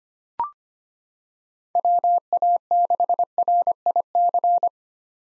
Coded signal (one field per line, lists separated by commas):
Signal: Morse code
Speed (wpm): 25 wpm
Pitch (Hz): 700 Hz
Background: none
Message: WA6RIC